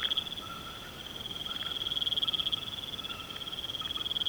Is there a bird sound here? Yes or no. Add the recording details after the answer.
no. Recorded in pastures near Puerto Asís, Putumayo, Colombia, on 21 March 2025 at 22:00. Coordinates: 0.486, -76.323. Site G075